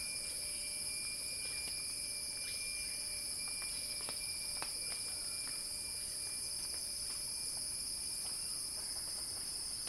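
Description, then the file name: Cicada buzz, dense, constant and high, with scattered light clicks and ticks. Cicada singing in a crescendo. "earth-fm Axel-Drioli Cicada-Crescendo-Sounding-Wild"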